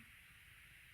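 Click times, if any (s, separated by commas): none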